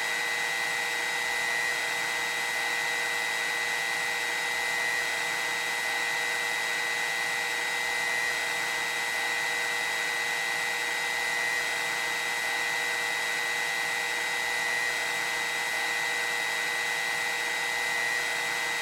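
A hair dryer runs steadily for the whole stretch, a dense, constant hiss of rushing air with a bright, high whine near the top. The level never changes, and a faint tone pulses softly every few seconds beneath the blowing.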